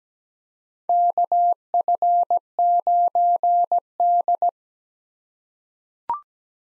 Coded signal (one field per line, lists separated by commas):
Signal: Morse code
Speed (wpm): 17 wpm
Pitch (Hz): 700 Hz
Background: none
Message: KF9D